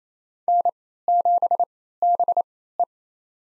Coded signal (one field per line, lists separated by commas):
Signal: Morse code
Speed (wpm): 28 wpm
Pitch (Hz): 700 Hz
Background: none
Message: N7BE